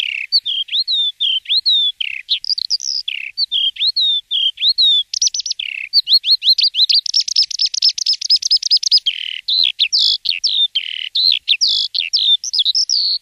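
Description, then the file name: Eurasian skylark pouring out a fast unbroken song of bright chirps and warbles, with a dense buzzy trilled passage in the middle before returning to varied twittering notes. "Skowronek polny"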